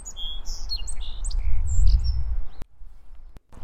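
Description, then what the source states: Song Sparrow song, a quick series of varied high notes over about two and a half seconds, with heavy low wind rumble and two sharp clicks. Sang after flying into a tree right in front of the recordist; spring, Lincoln, Massachusetts, near a sheep pasture with new lambs.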